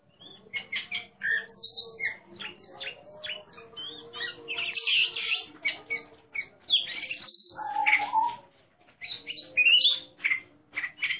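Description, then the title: Oriental magpie-robin song, a loud varied run of whistles, chatters and harsh buzzy notes in quick bursts, with faint low steady tones beneath. Competition bird described as a national champion, singing in the 'ngeplong' style, loud and in full song ('gacor'). "burung berkicau Kacer Ngeplong gacor Juara Nasional. burung Kacer"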